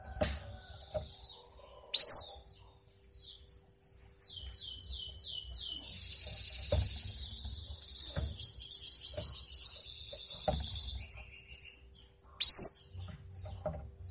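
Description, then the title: Canary song: a sharp chip, then a long buzzy rolling trill that swells and fades, ending with another loud chip note. Sound of a female canary in heat, used as a lure to stimulate Belgian canaries and as therapy for canaries that will not sing. "Canto Para Esquentar Canário Belga. Pancingan suara kenari betina birahi untuk TERAPI KENARI MACET bunyi"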